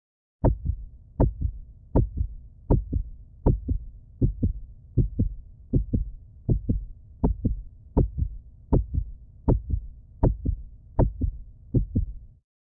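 Regular paired lub-dub heart thumps at about 80 beats per minute over a faint steady hum, from an adult.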